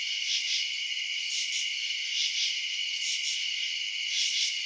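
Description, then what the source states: Crickets chirping in a steady high-pitched chorus, a continuous trill with recurring louder pulsed bursts layered on top. Crickets recorded at night in residential suburbs.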